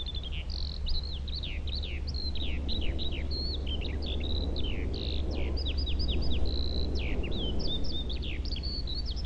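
Eurasian skylark song, a continuous rapid stream of high chirps, trills and whistled notes without pause, over a steady low rumble.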